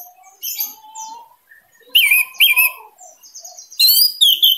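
Orange-headed thrush song with lower drawn-out whistles interleaved with loud high buzzy phrases and sharp repeated notes.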